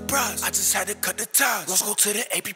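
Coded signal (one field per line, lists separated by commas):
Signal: none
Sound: music beat beeps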